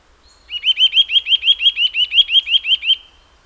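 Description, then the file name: Eurasian nuthatch with a run of many rising whistled notes, steady in pace, over about two and a half seconds. "Sitta europaea"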